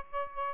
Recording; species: mosquito wingbeat signal from an infrared sensor; Aedes albopictus